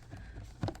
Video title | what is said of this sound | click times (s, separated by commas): MERCEDES 9 SPEED 9G TRONIC AUTOMATIC TRANSMISSION FLUID OIL SERVICE CHANGE PROCEDURE | you need to press it hard, and you heard the clicks, | 0.6 s, 0.7 s, 0.8 s